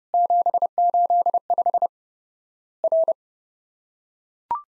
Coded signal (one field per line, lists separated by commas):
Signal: Morse code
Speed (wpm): 30 wpm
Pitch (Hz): 700 Hz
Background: none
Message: 785 R